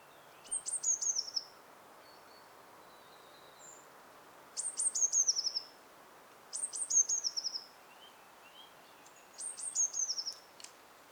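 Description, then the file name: Eurasian blue tit calling, very high thin notes that tumble downward in quick runs, each run repeated about every two to four seconds over a soft background hiss. "Cyanistes caeruleus"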